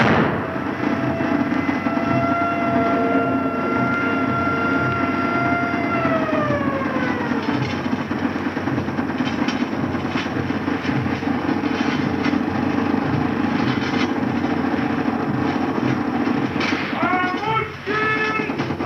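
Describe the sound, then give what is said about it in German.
An icebreaker's siren sounds a long, steady, harmonic-rich blast that slowly slides downward in pitch and fades, over a continuous low rumbling noise that carries on afterward with scattered clanks. “Die Sirene.”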